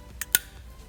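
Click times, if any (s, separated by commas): 0.3 s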